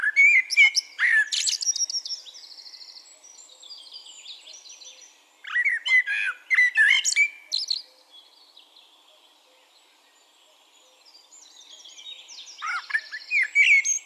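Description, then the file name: Common blackbird singing three loud phrases, each a fluty warble merging into shrill twittering, separated by quieter high-pitched background birdsong. "Turdus merula"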